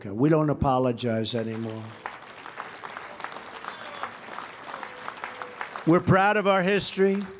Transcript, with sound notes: We don’t apologize anymore. (Applause.) We’re proud of our history,